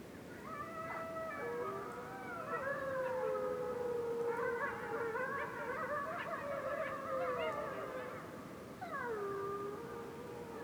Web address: Articulated Sounds. WINTER Forest night dark moon with distant wolves howls, North Laurentian Woods, Canada